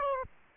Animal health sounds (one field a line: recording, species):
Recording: mosquito wingbeat signal from an infrared sensor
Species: Aedes aegypti